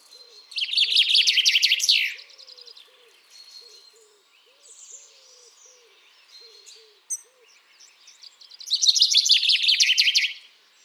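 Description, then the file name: Common chaffinch song: two loud, rapid trilled phrases, one near the start and one near the end, with soft, low, repeated cooing notes and a few chirps in between. "Fringilla coelebs"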